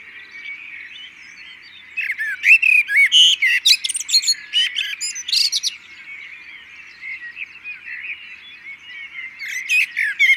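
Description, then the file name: Common blackbird calls, a loud run of sharp chinking notes repeated rapidly for a few seconds, over continuous twittering in the background. "Turdus merula"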